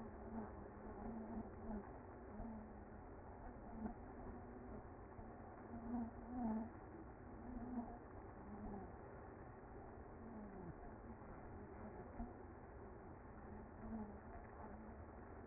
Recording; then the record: honeybee colony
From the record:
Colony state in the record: active